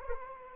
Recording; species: mosquito wingbeat signal from an infrared sensor; Anopheles arabiensis